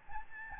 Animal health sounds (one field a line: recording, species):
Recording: mosquito wingbeat signal from an infrared sensor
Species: Aedes albopictus